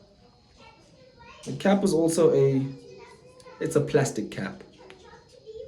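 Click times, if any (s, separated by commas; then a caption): 4.9 s. A plastic cap is pressed back onto a glass fragrance bottle over the atomizer while someone talks. A sharp, short click at 4.9 s marks the cap snapping into place, seated.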